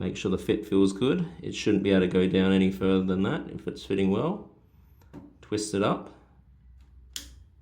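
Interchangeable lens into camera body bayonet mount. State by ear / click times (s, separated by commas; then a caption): seated / 7.2 s. Someone talks while an interchangeable lens, already lined up with the mount dot, is twisted on a Nikon camera body's bayonet mount. A single sharp, loud, short click comes at 7.2 s as the locking pin engages and the lens locks in place.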